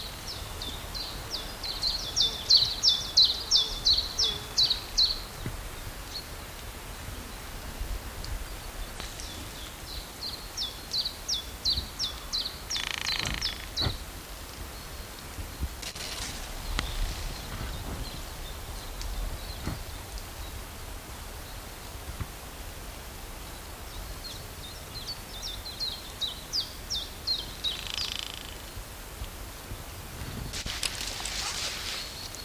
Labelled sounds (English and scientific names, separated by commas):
Common Chiffchaff (Phylloscopus collybita) song